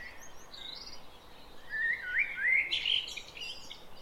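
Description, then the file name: Common blackbird gives a single warbled phrase of rising and falling whistles ending in a scratchy twitter, with faint high bird notes behind. "Turdus merula"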